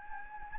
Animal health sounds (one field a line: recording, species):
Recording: mosquito wingbeat signal from an infrared sensor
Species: Anopheles gambiae